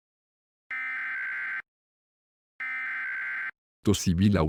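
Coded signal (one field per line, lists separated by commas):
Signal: Emergency Alert System (SAME) tones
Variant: header bursts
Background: speech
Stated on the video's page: Fictional mock EAS alert, "The Roach Invasion" part 3.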